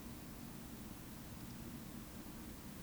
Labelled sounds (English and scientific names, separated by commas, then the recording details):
Eurasian Woodcock (Scolopax rusticola) whistle
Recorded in Baden-Württemberg, Germany, on 14 May 2021 at 19:39 UTC
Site 25175, 602 m above sea level